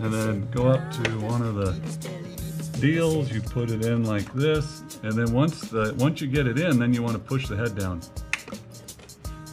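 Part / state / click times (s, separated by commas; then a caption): plastic push-pin clip into motorcycle fairing panel / seated / 8.3 s. A plastic push-pin trim clip is put into a hole in the fairing panel of a 2016 Honda F6B motorcycle, and its head is pushed down. Someone talks over background music, then a single sharp, loud snap at 8.3 s shows the clip has seated.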